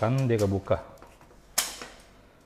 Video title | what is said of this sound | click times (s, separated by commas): Troley Multifungsi Up to 75 KG | ini dia ke lock lagi ya ini ke lock | 1.6 s